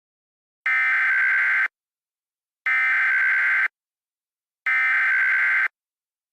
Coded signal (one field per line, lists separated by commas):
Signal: Emergency Alert System (SAME) tones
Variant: header bursts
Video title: EAS Scenario: The World On Notice